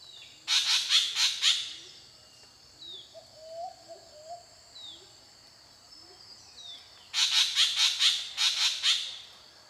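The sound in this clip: Spangled drongo calls: two bouts of rapid, harsh, ringing notes, with faint whistled slurs in the gap.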